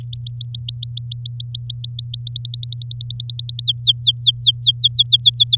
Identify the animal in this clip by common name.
Domestic Canary